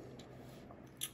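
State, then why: Seated. The plastic s-foil wings of a small toy X-Wing starfighter are moved into their locking detent. Faint soft ticks are followed by a sharp, bright click at 1.0 s as the wings lock into position and stay there.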